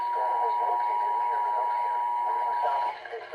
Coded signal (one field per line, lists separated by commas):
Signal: Emergency Alert System (SAME) tones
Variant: 853 and 960 Hz attention tone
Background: speech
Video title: EAS #179 Severe Thunderstorm Warning On WBAP-AM